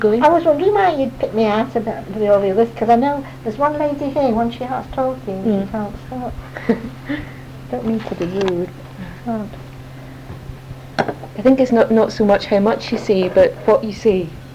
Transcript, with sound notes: I was wondering why you'd picked me out of all the others. 'Cause I know there's one lady here who once she starts talking, she can't stop. [laughter] Don't mean to be rude.
I think it's not-- not so much how much you say, but what you say.